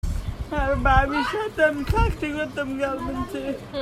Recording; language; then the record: elicited speech; Bengali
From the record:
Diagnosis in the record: Broca's or global aphasia after a stroke